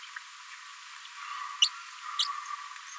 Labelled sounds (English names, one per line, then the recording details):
Green-rumped Parrotlet babbling
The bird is a female
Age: 29 days
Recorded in a nest box in Venezuela
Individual 17B73B2